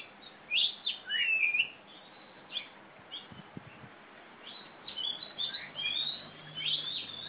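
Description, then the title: Oriental magpie-robin song: scattered bright whistled phrases and short slurred notes in a few bursts with gaps between, over background hiss. Female competition bird from East Java, national first-place champion; described as gacor (singing constantly), tarung (fighting) type, black (hitam), poci. "Kacer Juara 1 Nasional gacor kacer juara nasional jawa timur kacer tarung betina poci gacor hitam"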